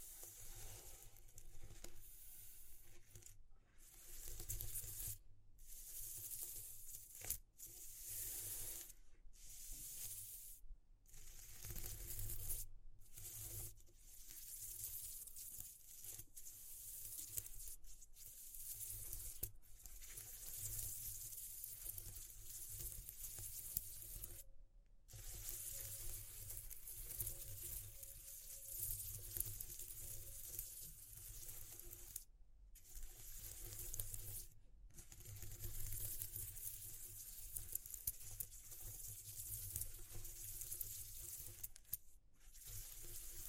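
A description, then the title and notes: A dense, rushing texture like running water from a tap, bright and hissy on top with a soft low rumble underneath. It holds steady but is chopped by abrupt, brief silences every one to three seconds, with a faint thin tone surfacing midway. ASMR Exploring Textures (No Talking).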